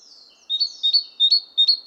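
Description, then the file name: Great tit calls: four quick bright two-part notes at high pitch, evenly spaced and clean. "Parus major"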